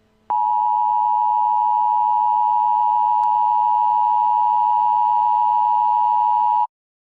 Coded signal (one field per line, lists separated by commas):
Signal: Emergency Alert System (SAME) tones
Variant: 853 and 960 Hz attention tone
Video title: Eas scenario 1￼: Rhode Island problems